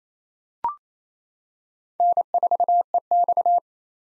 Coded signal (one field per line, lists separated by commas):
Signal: Morse code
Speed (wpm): 28 wpm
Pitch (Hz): 700 Hz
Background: none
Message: N4EX